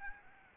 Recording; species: mosquito wingbeat signal from an infrared sensor; Aedes albopictus